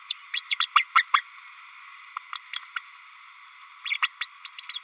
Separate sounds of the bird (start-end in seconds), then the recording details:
0.09-0.14, 0.34-0.41, 0.50-0.55, 0.60-0.67, 0.75-0.84, 0.95-1.04, 1.13-1.22, 2.53-2.59, 2.76-2.80, 3.85-3.98, 4.02-4.08, 4.20-4.26, 4.44-4.50, 4.58-4.65, 4.74-4.79. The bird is a female. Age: 32 days. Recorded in a nest box in Venezuela. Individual 17B32A5